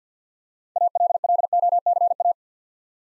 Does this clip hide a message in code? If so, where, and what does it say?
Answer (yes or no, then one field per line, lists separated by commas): yes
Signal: Morse code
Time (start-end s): 0.8-2.3 s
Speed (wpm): 52 wpm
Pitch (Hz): 700 Hz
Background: none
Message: ALLOCA